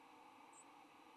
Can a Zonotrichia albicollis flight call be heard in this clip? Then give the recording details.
no. Another species' flight call is heard. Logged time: 05:31 on 16 November 2014